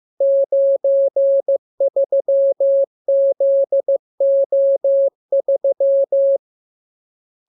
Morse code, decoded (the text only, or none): 93ZO3